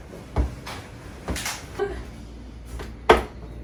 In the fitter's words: it lock into place.